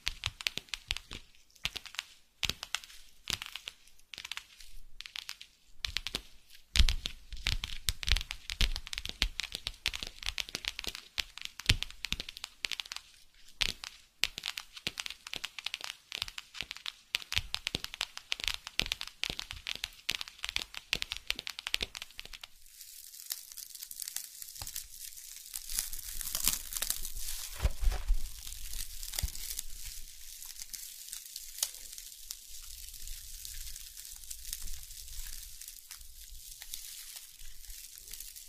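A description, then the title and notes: Tapping and handling of a massage mat and box, with dense, irregular crinkling and crackling taps through the first twenty-two seconds. After that the sound shifts to a steadier, brighter hiss of rubbing and scratching with fewer distinct hits, continuing to the end. Massage Mat and Box Tapping.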